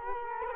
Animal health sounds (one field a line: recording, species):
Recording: mosquito wingbeat signal from an infrared sensor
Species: Culex quinquefasciatus